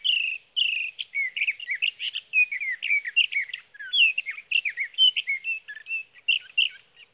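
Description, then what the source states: Sage thrasher song, a long run of rapid warbled phrases, varied whistles and buzzy notes with brief pauses, on a clean quiet background. Male singing through the night near his night roost, evening June 12 to morning June 15, 2018, Sierra Valley, California; recorded on a Swift recorder.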